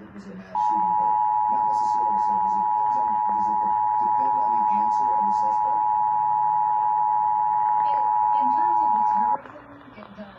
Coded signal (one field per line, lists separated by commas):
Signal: Emergency Alert System (SAME) tones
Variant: 853 and 960 Hz attention tone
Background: speech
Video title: EAS #836 Severe Thunderstorm Warning on WBAP